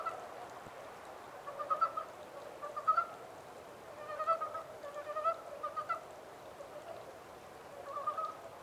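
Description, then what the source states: Montane brown frog producing brief trains of quick, muffled clucking notes in several bursts, then a pause before a final short group. Recorded 14 April 2010.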